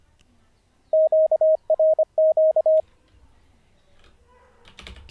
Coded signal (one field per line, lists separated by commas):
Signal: Morse code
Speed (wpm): 25 wpm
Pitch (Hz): 630 Hz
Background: none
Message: QRQ